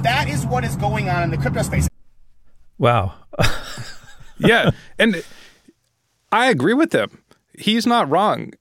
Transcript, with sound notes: And that is what is going on in the crypto space.
Wow (laughter).
Yeah, and I agree with him. He's not wrong.